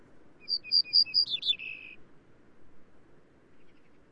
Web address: grey necked bunting call